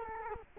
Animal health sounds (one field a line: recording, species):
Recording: mosquito wingbeat signal from an infrared sensor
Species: Culex quinquefasciatus